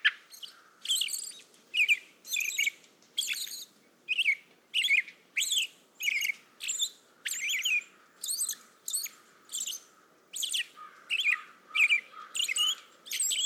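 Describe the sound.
American robin singing a continuous string of brief, varied caroling phrases in quick succession, each bright and slurred, with light background hiss.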